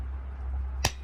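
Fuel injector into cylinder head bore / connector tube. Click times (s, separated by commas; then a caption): 0.9 s. A diesel fuel injector for a 1998–2002 Dodge Cummins, lined up with its connector tube, is pressed down by the top of its hold-down bolt into the cylinder head bore over a steady low hum. A single short, sharp pop at 0.9 s marks the injector seating into place.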